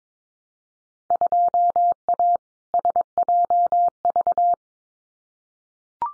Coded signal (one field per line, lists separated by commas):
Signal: Morse code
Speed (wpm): 22 wpm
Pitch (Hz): 700 Hz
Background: none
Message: 2A SJV